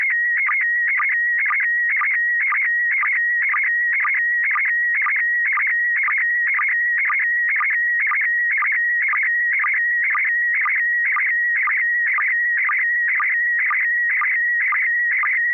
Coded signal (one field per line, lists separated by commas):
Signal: SSTV (slow-scan television)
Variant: PD 120